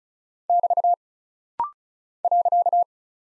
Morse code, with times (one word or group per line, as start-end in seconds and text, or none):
0.5-0.9 <BT>
2.2-2.8 .